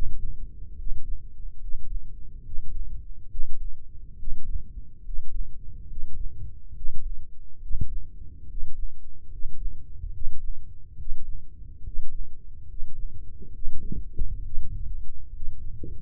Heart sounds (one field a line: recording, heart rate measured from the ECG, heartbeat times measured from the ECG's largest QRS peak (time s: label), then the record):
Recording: heart sounds by microphone in the left ear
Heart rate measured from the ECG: 70 bpm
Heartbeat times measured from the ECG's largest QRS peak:
0.76 s: heartbeat
1.58 s: heartbeat
2.42 s: heartbeat
3.28 s: heartbeat
4.16 s: heartbeat
5.02 s: heartbeat
5.87 s: heartbeat
6.73 s: heartbeat
7.59 s: heartbeat
8.46 s: heartbeat
9.29 s: heartbeat
10.11 s: heartbeat
10.96 s: heartbeat
11.82 s: heartbeat
12.66 s: heartbeat
13.51 s: heartbeat
14.42 s: heartbeat
15.31 s: heartbeat
From the record:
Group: healthy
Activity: rest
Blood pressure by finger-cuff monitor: 112/73 mmHg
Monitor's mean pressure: 81 mmHg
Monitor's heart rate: 70 bpm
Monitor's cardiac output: 6.5 L/min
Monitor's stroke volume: 91 mL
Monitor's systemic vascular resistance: 930 dyn s/cm5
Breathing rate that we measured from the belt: 16 breaths a minute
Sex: male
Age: 23 years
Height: 178 cm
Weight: 96.6 kg